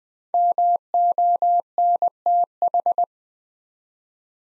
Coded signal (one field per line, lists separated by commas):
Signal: Morse code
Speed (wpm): 20 wpm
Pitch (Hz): 700 Hz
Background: none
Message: MONTH